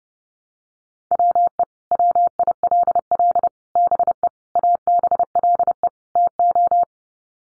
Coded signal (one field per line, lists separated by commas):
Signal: Morse code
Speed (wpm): 30 wpm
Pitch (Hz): 700 Hz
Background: none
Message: WE WILL BE ABLE TO